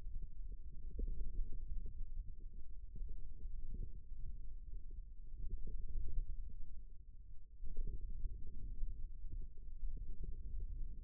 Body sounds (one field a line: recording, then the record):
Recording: forearm muscle sounds (acoustic myography)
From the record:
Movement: wrist extension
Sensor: system 2, bracelet of six BSWA MPA416 microphones around the upper forearm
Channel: 3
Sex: male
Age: 22 years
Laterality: right